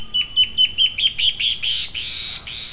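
Bird giving a run of several high, clipped notes, ending in a brief buzzy rush.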